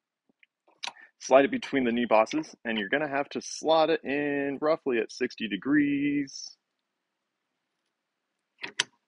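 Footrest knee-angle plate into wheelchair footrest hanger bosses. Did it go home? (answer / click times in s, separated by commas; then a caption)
yes / 8.8 s. A metal knee-angle plate from a wheelchair dynamic footrest is slotted between the new bosses on the footrest hanger at about 60 degrees and rotated into place while someone talks. After a pause, a sharp click at 8.8 s marks the plate seating into the bosses.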